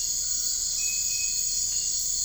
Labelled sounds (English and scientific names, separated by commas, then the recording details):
none
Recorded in dense forest near Puerto Asís, Putumayo, Colombia, on 13 March 2025 at 01:30
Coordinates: 0.485, -76.318
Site G056